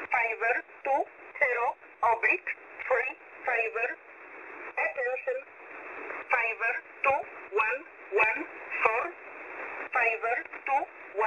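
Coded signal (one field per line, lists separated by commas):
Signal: numbers station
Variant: E11 (Oblique)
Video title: 5409kHz USB Polish Number Station E11 calling 520 (23.06.2024)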